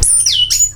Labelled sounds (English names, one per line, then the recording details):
Stitchbird song
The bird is a male
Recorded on Tiritiri Matangi Island, New Zealand, in 2005
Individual 22, of nest box 31